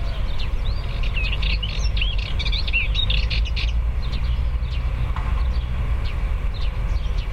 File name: kucsmas poszata hangja